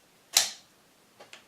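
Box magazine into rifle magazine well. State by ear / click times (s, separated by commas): seated / 0.4 s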